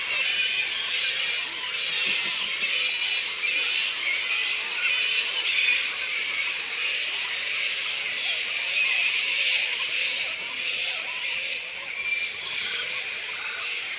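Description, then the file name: Black flying foxes in a colony, many high squeaks and chitters blending into an unbroken, pulsing hiss-like chorus. A colony of black fruit bats squeaking. "black fruit bats -pteropus alecto colony squeaks"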